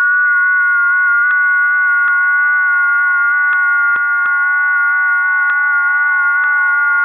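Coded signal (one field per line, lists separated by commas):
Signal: FT8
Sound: several overlapping steady warbling tones, slowly stepping in pitch, with occasional clicks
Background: radio static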